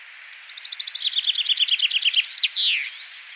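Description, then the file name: Common chaffinch with one full song: a tumbling series of rapid notes descending in pitch, capped by a sharp flourish. "Fringilla coelebs"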